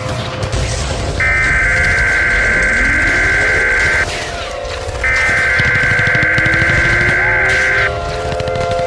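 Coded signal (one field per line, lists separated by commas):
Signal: Emergency Alert System (SAME) tones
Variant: header bursts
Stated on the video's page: Fictional EAS scenario, not a real alert.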